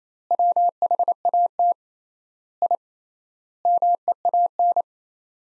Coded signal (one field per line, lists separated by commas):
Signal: Morse code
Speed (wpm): 28 wpm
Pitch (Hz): 700 Hz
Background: none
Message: WHAT I MEAN